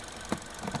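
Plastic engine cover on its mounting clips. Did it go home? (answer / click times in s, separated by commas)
released / 0.3 s, 0.8 s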